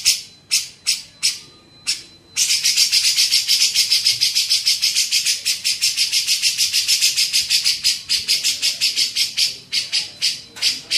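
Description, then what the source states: Grey-cheeked bulbul giving a few spaced rasping notes, then a long, fast, even series of harsh buzzy notes at about three per second. Masteran training recording made for teaching songbirds; Indonesian name cucak jenggot.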